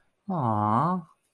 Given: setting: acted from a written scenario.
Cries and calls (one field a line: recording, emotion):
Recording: vocal sound without words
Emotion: romantic love